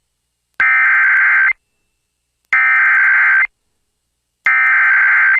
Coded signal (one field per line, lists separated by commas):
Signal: Emergency Alert System (SAME) tones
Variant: header bursts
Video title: DEEP SOUTH MAYHEM | EAS Alerts from June 14th, 2023 (EAS #2595-2630)